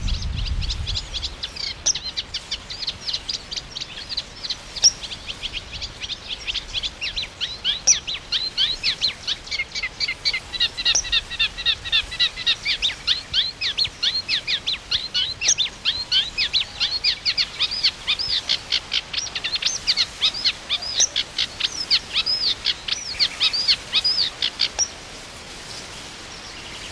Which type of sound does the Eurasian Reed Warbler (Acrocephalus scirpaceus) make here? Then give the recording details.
song. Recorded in the wild. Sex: male. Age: adult. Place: Mühlenbecker Land, OT Mönchmühle, Brandenburg, DE. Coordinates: 52.6464, 13.3944. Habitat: pond. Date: 1988-06-04 10:42. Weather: overcast, 18-20°C, wind. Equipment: Nagra SN, Kopie Tesla B 116. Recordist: Tembrock, Günter